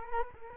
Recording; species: mosquito wingbeat signal from an infrared sensor; Culex quinquefasciatus